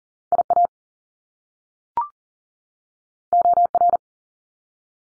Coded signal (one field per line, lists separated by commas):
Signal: Morse code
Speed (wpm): 40 wpm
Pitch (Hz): 700 Hz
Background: none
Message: IA OR